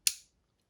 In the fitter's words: і що саме цікаве Ми відкриваємо до упору щелк